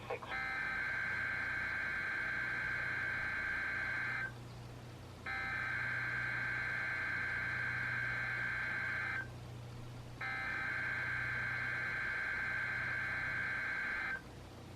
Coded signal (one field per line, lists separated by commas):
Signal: Emergency Alert System (SAME) tones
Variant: header bursts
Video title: EAS #125: Another RWT and Some Antenna Business | KHB36